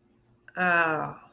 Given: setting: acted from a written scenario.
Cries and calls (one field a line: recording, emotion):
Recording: vocal sound without words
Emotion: relief